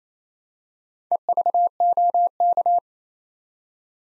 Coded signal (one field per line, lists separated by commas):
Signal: Morse code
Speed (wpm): 27 wpm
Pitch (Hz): 700 Hz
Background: none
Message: EVOK